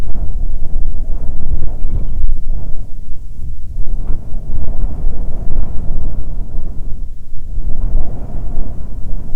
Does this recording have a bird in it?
yes